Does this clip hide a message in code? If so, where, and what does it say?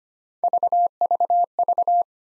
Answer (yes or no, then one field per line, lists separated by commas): no